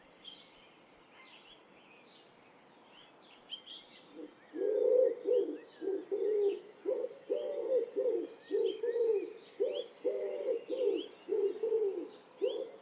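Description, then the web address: Bird giving low repeated cooing notes that start after a few quiet seconds and continue steadily, with faint chirping from other birds above. "cianscape. Deverinetal. Bird Only"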